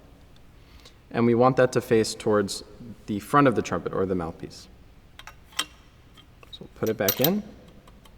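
Someone talks while a trumpet piston valve is lined up with its number facing toward the front of the trumpet, the mouthpiece, to go back down into the metal valve casing. A few faint metallic taps and a sharper tick come from handling between the talk. Nothing has seated or clicked in yet.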